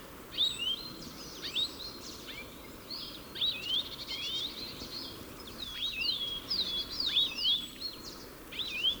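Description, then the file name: European goldfinch twittering: a lively run of high, fluid chirps with twisting notes over a constant soft rushing background. "Carduelis carduelis"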